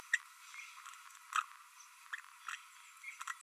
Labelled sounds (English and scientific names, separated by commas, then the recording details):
Green-rumped Parrotlet (Forpus passerinus) babbling
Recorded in a nest box in Venezuela
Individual 18B12A2